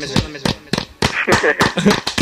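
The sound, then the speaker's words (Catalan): Four men clap their hands in a steady rhythm, about eight sharp claps with an echo effect smearing each one, while voices chant along over the middle stretch. “Espera, amb l'eco.”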